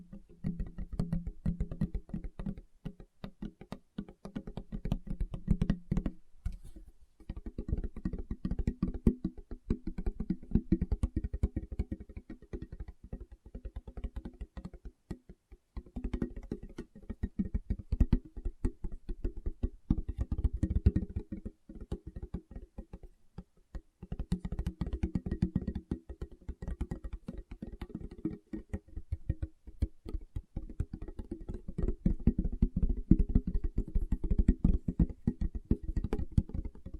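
Fingertips tap in quick, dense, uneven runs for the whole stretch, low and soft-edged, with brief pauses near 6, 15 and 24 seconds.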